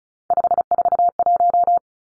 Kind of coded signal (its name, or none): Morse code